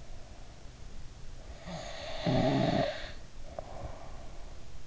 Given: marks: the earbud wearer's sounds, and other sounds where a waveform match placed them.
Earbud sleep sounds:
sounds in sleep by an in-ear microphone; snoring breath
1.39-3.88 s: snoring breath

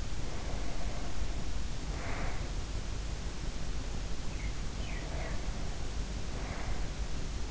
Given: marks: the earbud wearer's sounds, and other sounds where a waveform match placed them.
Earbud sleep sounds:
sounds in sleep by an in-ear microphone; breath
0.00-2.64 s: breath
3.34-7.16 s: sound from someone else or the room
4.75-7.16 s: breath

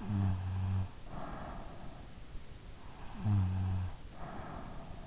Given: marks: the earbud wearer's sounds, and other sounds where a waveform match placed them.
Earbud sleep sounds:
sounds in sleep by an in-ear microphone; snoring breath
0.07-2.00 s: snoring breath
2.97-4.89 s: snoring breath

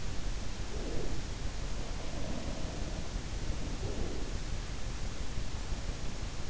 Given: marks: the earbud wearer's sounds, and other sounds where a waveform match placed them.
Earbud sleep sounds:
sounds in sleep by an in-ear microphone; breath
0.60-1.68 s: breath
2.03-4.69 s: breath

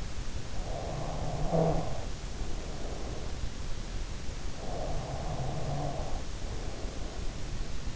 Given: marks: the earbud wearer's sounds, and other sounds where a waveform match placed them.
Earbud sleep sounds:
sounds in sleep by an in-ear microphone; snoring breath
0.53-3.89 s: snoring breath
4.50-7.96 s: snoring breath

